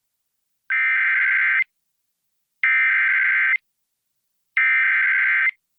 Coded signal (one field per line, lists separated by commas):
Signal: Emergency Alert System (SAME) tones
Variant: header bursts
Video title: EAS #518: EAS Severe Thunderstorm Warning- June 13, 2021- 7:45PM PDT